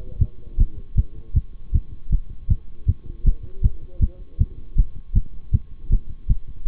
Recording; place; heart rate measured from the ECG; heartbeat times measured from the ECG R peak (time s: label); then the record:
heart sounds by stethoscope; between the tricuspid and mitral areas; 158 bpm
0.19 s: heartbeat
0.58 s: heartbeat
0.96 s: heartbeat
1.34 s: heartbeat
1.72 s: heartbeat
2.10 s: heartbeat
2.48 s: heartbeat
2.86 s: heartbeat
3.24 s: heartbeat
3.62 s: heartbeat
4.00 s: heartbeat
4.38 s: heartbeat
4.76 s: heartbeat
5.14 s: heartbeat
5.52 s: heartbeat
5.90 s: heartbeat
6.28 s: heartbeat
6.66 s: heartbeat
From the record:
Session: bicycle stress test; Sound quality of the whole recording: good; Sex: male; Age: 26 years